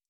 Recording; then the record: hydrophone in a shrimp aquaculture tank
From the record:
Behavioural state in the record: stressed